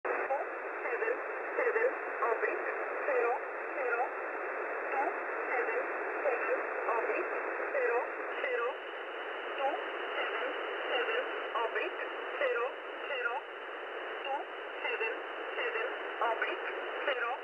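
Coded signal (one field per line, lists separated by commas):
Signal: numbers station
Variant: E11 Oblique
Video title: E11 Oblique | 30th August 2023 | Null Message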